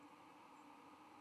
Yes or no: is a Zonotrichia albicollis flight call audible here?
no